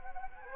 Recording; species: mosquito wingbeat signal from an infrared sensor; Anopheles gambiae